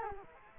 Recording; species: mosquito wingbeat signal from an infrared sensor; Culex quinquefasciatus